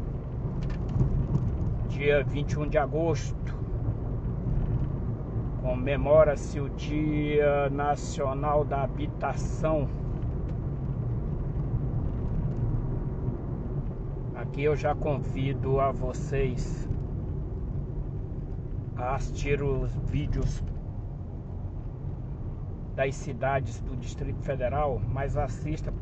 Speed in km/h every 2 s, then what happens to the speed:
59, 57, 58, 58, 58, 56, 48, 45, 37, 33, 35, 35, 31.
0-10 steady at about 58. 10-17 slows to 33. 17-22 steady at about 35.